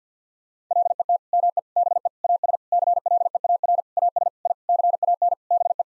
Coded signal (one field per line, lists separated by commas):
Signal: Morse code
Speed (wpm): 50 wpm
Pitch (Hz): 700 Hz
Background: none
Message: LET ME BE AS CLEAR AS I CAN BE